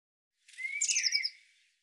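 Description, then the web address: Eurasian blue tit call, a single short burst of high, scratchy chirping notes over a rising thin whistle, lasting about a second, with a silent background. "cianscape birddata Deverinetal 2025 File cleaned normalized Bird Cy Ca"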